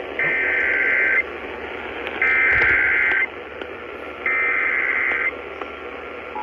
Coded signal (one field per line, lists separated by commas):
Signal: Emergency Alert System (SAME) tones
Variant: header bursts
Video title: KDKA TOR EAS-627